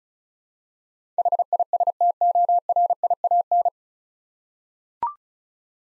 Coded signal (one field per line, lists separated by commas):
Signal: Morse code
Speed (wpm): 36 wpm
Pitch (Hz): 700 Hz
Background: none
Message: HISTORIAN